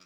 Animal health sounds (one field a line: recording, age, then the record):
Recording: pig call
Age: piglet (1 to 25 days)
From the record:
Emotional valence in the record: positive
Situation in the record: short reunion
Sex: female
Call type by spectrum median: high-frequency call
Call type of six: low-frequency tonal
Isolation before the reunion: 3 minutes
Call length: 0.06 s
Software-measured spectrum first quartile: 1258 Hz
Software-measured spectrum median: 3152 Hz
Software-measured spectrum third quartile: 5167 Hz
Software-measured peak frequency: 4952 Hz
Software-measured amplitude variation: 46 dB a second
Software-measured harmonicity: -1.0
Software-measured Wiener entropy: -0.98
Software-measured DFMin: 1028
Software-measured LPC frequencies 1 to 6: 1317, 2416, 3504, 4954, 5696, 6971 Hz